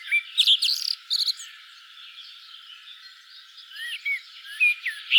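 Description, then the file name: Common blackbird singing: a clear whistled phrase with a chattering high ending, a quiet gap, then several short rising and falling whistles. "Turdus merula"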